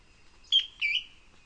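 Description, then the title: Ferruginous antbird giving a two-part call: a bright sharp note, then a slightly lower wavering note about 0.3 seconds later. "LuckyPassaro Completos2Sama. Ferruginous Antbird (Drymophila ferruginea)"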